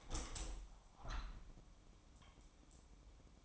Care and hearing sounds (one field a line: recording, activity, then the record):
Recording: daily activity, microphone in the room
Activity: open window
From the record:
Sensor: 1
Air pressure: 1000.5 hPa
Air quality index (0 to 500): 178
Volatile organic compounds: 4 ppm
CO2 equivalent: 1632 ppm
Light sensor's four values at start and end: 10/24/10/11 and 10/24/10/11